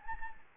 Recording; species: mosquito wingbeat signal from an infrared sensor; Anopheles gambiae